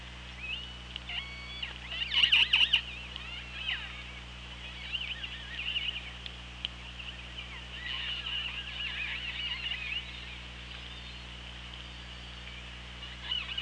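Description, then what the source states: Killer whale calls underwater, a burst of clicks then several short whistled and pulsed calls rising and falling, over steady hydrophone hum and hiss. Recorded on an OrcaLab hydrophone, 24 August 2017, 18:03.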